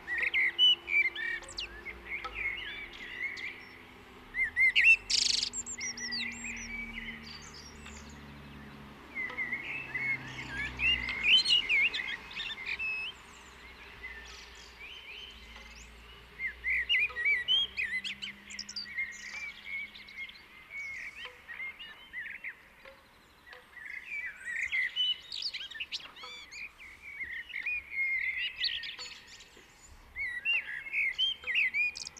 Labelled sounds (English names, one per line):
Common Blackbird song